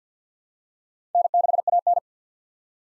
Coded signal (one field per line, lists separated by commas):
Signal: Morse code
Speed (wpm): 48 wpm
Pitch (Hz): 700 Hz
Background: none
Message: N6AN